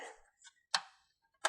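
A plastic fuser diverter assembly is slid back into the fuser area of an HP LaserJet M725 laser printer frame, starting from the right, with soft scraping and sliding at the start. A tab flexes and pops into place with a sharp click at 0.8 s, and a second sharp click follows at about 1.5 s. The diverter assembly is seated.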